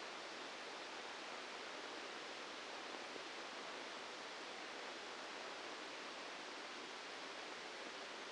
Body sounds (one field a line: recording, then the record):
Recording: brain microelectrode recording played as sound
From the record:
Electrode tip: inside the subthalamic nucleus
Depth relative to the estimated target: -2 mm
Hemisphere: left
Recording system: NeuroSet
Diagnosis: Parkinson's disease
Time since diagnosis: 8 years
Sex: male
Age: 59 years